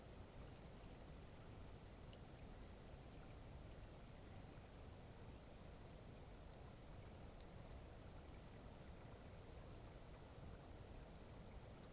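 A cloudy night beside Taylor Lake, filled with a steady, dense rushing wash like flowing water or wind, weighted toward a deep low rumble and unchanging throughout. A few faint, brief high ticks surface around two and seven seconds.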